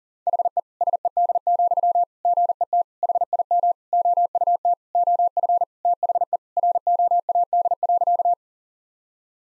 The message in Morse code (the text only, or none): HE SED, GET HIM OUT OF THE ROAD.